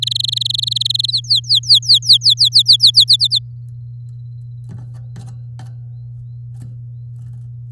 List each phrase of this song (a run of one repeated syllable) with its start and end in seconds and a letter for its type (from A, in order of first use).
0.02-1.11 A, 1.11-3.04 B, 3.08-3.39 C